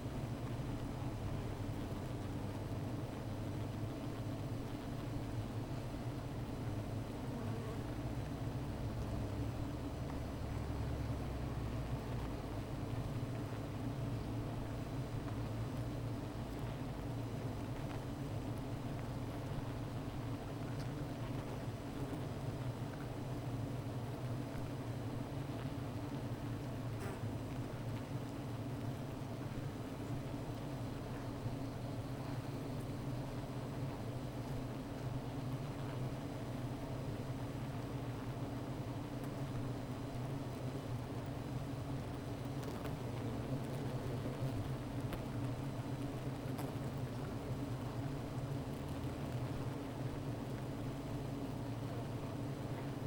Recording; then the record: honeybee colony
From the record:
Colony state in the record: missing queen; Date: 14 July 2017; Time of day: 15:16